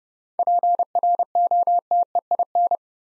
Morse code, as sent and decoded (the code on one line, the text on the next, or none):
.--. .-. --- - . .. -.
PROTEIN